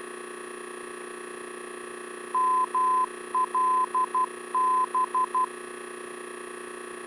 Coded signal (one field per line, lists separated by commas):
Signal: Morse code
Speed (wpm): 12 wpm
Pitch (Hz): 1020 Hz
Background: none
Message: MLB